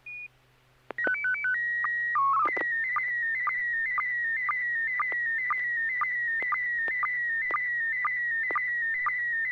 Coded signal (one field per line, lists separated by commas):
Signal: SSTV (slow-scan television)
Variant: PD 120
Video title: N6NA SSTV Net - 06/07/2023